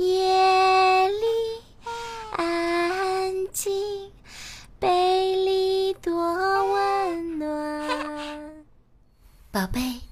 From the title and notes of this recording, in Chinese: 婴儿哭-哄睡（情景）。